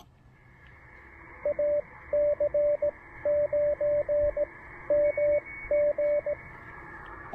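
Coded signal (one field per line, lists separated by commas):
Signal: Morse code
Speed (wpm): 18 wpm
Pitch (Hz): 590 Hz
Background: radio noise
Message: AC9MG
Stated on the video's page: POTA activation with Penntek TR-45L and Elecraft AX1 antenna, QRP, operated with a wide CW filter.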